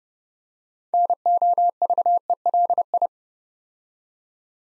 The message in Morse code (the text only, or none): NOVELI